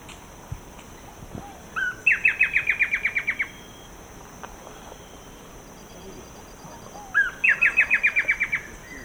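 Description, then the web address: Blackish Antbird song: two bouts, each a rising introductory note and a quick string of about ten sharp descending notes, over a high steady insect drone. Ecuador. "Natures Songs S America Birds of Ecuador Blackish Antbird"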